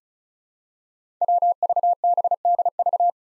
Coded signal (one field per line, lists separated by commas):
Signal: Morse code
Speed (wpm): 35 wpm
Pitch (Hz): 700 Hz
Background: none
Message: WVBDV